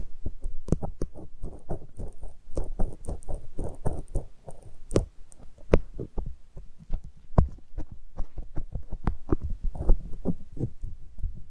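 Ultra-fine ear touch: a dense, irregular stream of soft brushing thumps and tiny crackles, several per second throughout. Most contacts are muffled and low, with occasional sharper crisp taps. A faint, thin high whine sits steadily behind them.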